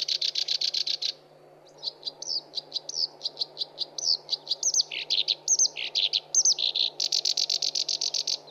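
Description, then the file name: Black-browed Reed Warbler song: a rapid buzzy trill, then a pause and a run of varied chirps and scratchy, slurred notes, ending with another fast buzzy trill over a steady low hum. Song-tutoring (masteran) recording for training songbirds. "suara kerakbasi alis hitam masteran"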